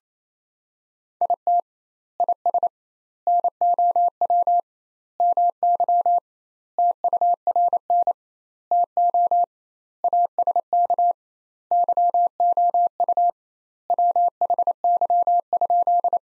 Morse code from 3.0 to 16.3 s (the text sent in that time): NOW MY TURN TO ASK YOU WHY?